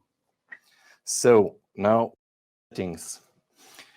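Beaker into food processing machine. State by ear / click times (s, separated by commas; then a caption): seated / 0.5 s. A beaker inside its protective outer beaker is attached to a food-processing machine and pushed until it locks, giving one sharp click at 0.5 s. Someone talks afterward, and a faint short tap follows near 3.8 s.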